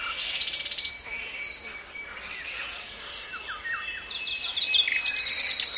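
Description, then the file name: Common nightingale song over a steady hiss: a fast trill, soft whistled notes, then another quick repeated series near the end. "Luscinia megarhynchos"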